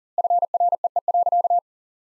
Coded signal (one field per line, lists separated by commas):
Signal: Morse code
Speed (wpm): 40 wpm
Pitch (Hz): 700 Hz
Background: none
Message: FREE.